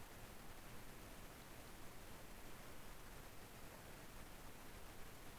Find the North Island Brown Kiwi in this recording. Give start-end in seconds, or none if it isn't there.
none